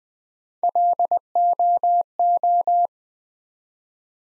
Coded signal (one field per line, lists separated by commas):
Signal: Morse code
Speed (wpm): 20 wpm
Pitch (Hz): 700 Hz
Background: none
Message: LOO